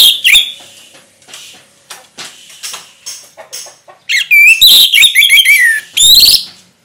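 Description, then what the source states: Orange-headed thrush song of quick chattering notes that build into loud slurred whistles and warbled phrases in the second half. Singing in the ngeplong style, described as gacor.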